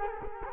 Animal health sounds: mosquito wingbeat signal from an infrared sensor; Culex quinquefasciatus

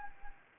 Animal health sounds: mosquito wingbeat signal from an infrared sensor; Anopheles gambiae

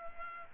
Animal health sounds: mosquito wingbeat signal from an infrared sensor; Culex pipiens

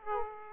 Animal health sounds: mosquito wingbeat signal from an infrared sensor; Aedes aegypti

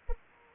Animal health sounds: mosquito wingbeat signal from an infrared sensor; Anopheles arabiensis

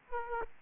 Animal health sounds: mosquito wingbeat signal from an infrared sensor; Aedes aegypti

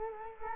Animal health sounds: mosquito wingbeat signal from an infrared sensor; Culex quinquefasciatus

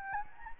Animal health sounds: mosquito wingbeat signal from an infrared sensor; Anopheles gambiae

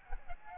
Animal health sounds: mosquito wingbeat signal from an infrared sensor; Aedes albopictus

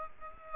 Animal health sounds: mosquito wingbeat signal from an infrared sensor; Aedes aegypti

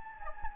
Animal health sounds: mosquito wingbeat signal from an infrared sensor; Anopheles gambiae

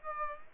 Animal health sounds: mosquito wingbeat signal from an infrared sensor; Aedes aegypti

